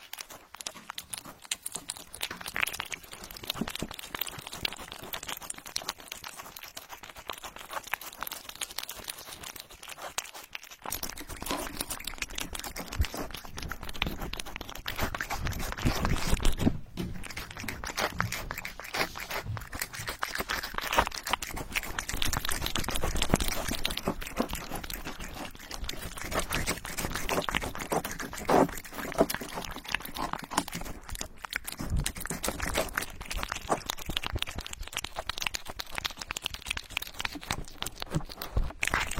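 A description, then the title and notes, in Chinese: A cat eats, making dense, irregular crunching and crinkling sounds with no real pauses. The chewing is quieter for the first ten seconds, then grows louder and busier for the rest. 猫咪进食。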